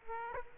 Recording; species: mosquito wingbeat signal from an infrared sensor; Aedes aegypti